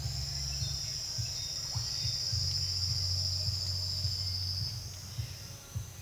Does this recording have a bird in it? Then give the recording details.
no. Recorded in secondary vegetation near Puerto Asís, Putumayo, Colombia, on 8 March 2025 at 09:30. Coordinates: 0.498, -76.327. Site G001